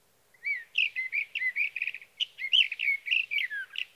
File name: Sage Thrasher